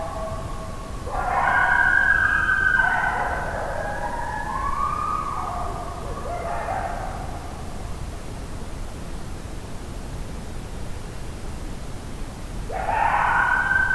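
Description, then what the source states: Coyote howls, several wavering tones that overlap, fade, and then return loudly near the end. Coyote howl, recorded 26 July 2009.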